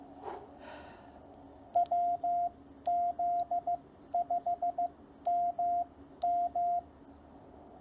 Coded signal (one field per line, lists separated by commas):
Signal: Morse code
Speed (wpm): 15 wpm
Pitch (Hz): 700 Hz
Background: radio noise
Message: WZ5MM